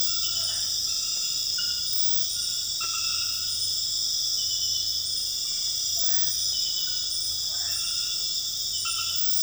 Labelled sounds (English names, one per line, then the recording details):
none
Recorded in dense forest near Puerto Asís, Putumayo, Colombia, on 8 March 2025 at 23:30
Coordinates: 0.484, -76.325
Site G045